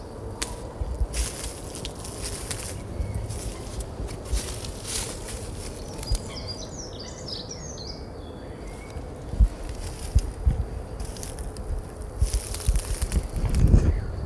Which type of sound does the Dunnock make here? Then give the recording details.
song. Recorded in the wild. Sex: male. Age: adult. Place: Malchower Aue, Berlin, DE. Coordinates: 52.5808, 13.4886. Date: 1990-04-06 19:56. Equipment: Riporter 6 RG-K, Halbspur, Sennheiser MKH 416 T. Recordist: Frommolt, Karl-Heinz